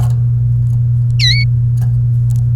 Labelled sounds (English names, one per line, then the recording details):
Domestic Canary song
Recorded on 29 April 2018 at 09:44
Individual llb3